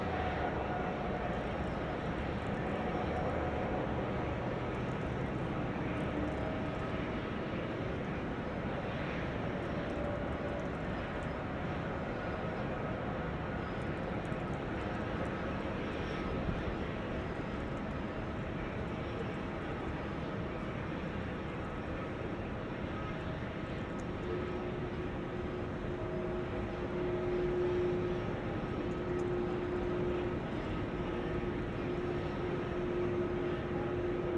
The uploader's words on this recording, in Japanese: 飛行場の音 – Airfield。羽田空港で録音しました。エンジン音は常に鳴っていますが、コロナの影響で飛行機の発着が少ないですね…。